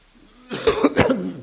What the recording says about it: You still hear the cough, don't you? And it's just as loud.